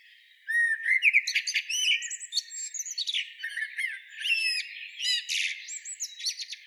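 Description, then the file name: Common blackbird giving high, squeaky twittering notes, a fast run of varied chirps, slurred whistles and short rising squeaks that stream almost without pause. "Turdus merula"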